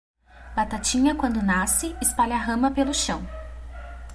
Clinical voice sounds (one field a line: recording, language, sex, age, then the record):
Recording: short text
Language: Brazilian Portuguese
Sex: female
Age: 20 to 29 years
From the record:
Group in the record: control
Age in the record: 28 years